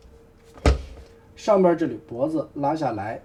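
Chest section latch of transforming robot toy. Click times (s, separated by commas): 0.7 s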